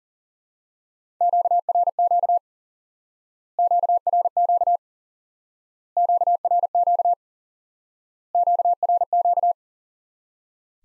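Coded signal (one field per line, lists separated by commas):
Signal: Morse code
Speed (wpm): 37 wpm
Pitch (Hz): 700 Hz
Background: none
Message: QRQ QRQ QRQ QRQ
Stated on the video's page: High-speed (QRQ) Morse lesson teaching common QSO elements by instant word recognition.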